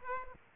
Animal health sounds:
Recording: mosquito wingbeat signal from an infrared sensor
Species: Aedes aegypti

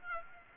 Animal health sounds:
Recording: mosquito wingbeat signal from an infrared sensor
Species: Aedes aegypti

